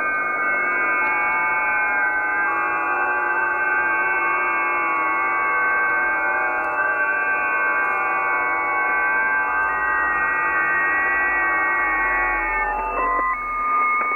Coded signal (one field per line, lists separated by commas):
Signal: FT8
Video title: #SHORT YC0SJA Combining uSDX with HDSDR and JTDX FT8